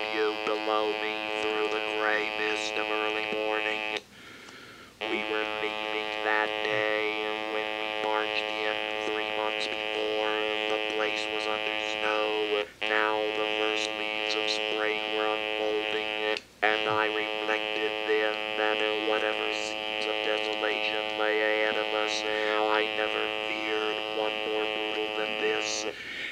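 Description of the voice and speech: A steady mechanical buzz at one fixed pitch carries a read passage, with words shaped over the drone and brief silences where the device is switched off. This is electrolarynx speech, a robotic, monotone voice with no natural pitch variation, produced by an adult reading aloud with the electrolarynx held against the throat.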